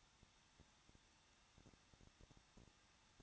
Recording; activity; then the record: daily activity, microphone in the room; no activity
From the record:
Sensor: 3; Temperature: 21.2 degrees Celsius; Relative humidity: 36.2%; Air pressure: 1006.4 hPa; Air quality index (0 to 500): 221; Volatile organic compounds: 40 ppm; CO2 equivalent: 3142 ppm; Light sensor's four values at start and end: 2/3/2/2 and 2/3/2/2